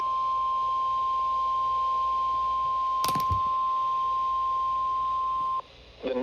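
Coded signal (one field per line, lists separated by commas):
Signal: Emergency Alert System (SAME) tones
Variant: 1050 Hz attention tone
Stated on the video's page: Severe Thunderstorm Warning alert tones.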